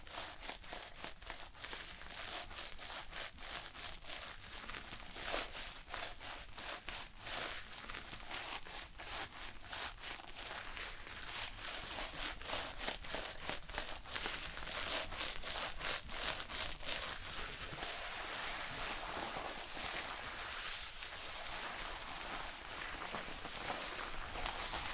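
Hair being shampooed and brushed, a dense run of soft, bright rubbing and scratchy strokes that keeps a fairly steady pace throughout. Quick crackling bursts cluster through the middle, and the sound grows slightly fuller and hissier toward the end.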